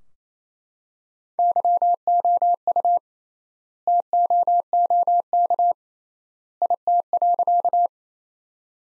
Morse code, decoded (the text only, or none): YOU TOOK IT.